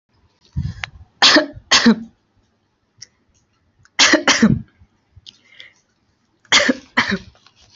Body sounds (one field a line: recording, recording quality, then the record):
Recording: shallow voluntary cough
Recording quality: excellent, no background noise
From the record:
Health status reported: healthy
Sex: female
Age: 23 years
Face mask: not worn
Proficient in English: yes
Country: India